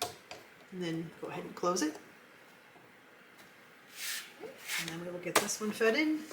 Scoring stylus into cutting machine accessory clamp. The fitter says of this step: your scoring stylist has a little Notch right there you're going to put this in and you're going to hear a click